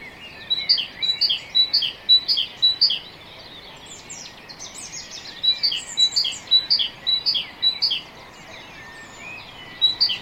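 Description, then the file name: Great tit repeating a see-sawing two-note phrase in several bouts separated by pauses, over steady background hiss. "Parus major"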